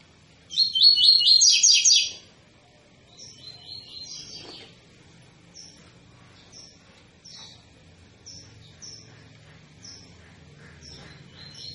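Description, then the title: Double-collared seedeater sings one dense burst of quick buzzy notes, then gives soft, sparse chips at spaced intervals. Tui-tui song style, intended as a teaching song for young birds; the bird is described as 'fibra'. "COLEIRO TUI TUI FIBRA CANTO PROFESSOR"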